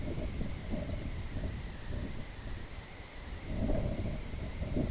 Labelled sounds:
Snow Bunting
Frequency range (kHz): Snow Bunting 4.6-6.8 kHz
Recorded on Arctic tundra, site IGLO-B, on 23 June 2018
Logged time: 11:59

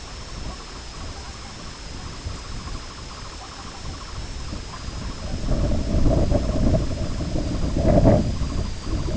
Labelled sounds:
Sanderling
unidentified sound
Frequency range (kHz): Sanderling 0.3-2.1 kHz
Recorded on Arctic tundra, site IGLO-B, on 21 June 2018
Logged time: 09:59

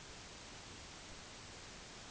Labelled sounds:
none
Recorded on Arctic tundra, site NAIT-1, on 25 June 2019
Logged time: 10:00

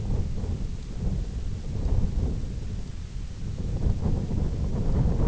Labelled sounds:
none
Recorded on Arctic tundra, site IGLO-F, on 20 June 2018
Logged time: 16:00

